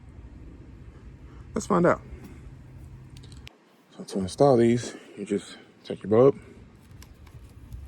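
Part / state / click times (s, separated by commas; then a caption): LED reverse bulb into tail light housing socket / not seated / none. Someone talks while handling an Auxito LED reverse light bulb that goes into a tail light housing socket. A steady low hum runs under the voice until about 3.5 s, and a few light taps at 3.2–3.5 s end in a sharper tick as the hum drops away. More faint ticks follow near 7.0–7.9 s, but the bulb has not seated in the socket yet.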